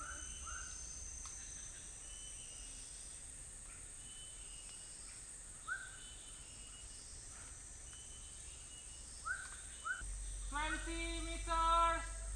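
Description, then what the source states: Bird calls: scattered short slurred whistles through a hissy background, ending with a burst of loud nasal, harmonic-rich calls over a low rumble. Recorded in the US on 18 October 2021, around 16:06.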